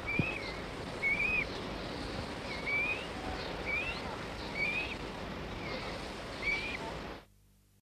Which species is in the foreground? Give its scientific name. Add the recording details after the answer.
Gallinula chloropus. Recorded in the wild. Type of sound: call. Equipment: Halbspur, 9,5 cm/s. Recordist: Lütgens, Hans. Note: Junge etwa 2 Wochen alt